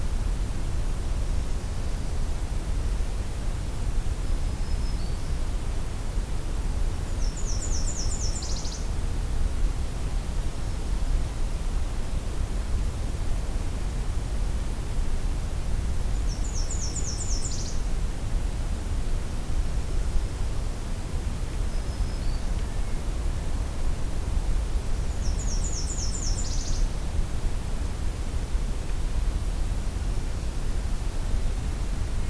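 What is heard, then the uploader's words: A thin morning chorus: one bird repeats a short, high, trilling song about every nine seconds, each phrase preceded by a faint brief chirp. Underneath, a steady, dense, low rumbling hiss runs unchanged throughout and largely covers the birdsong. It’s the next morning at the old hunt camp and I’m doing a short walk to see if I can find any new species this time around. It’s overcast, so the morning chorus is less enthusiastic as usual, but there are still quite a few songs to be heard.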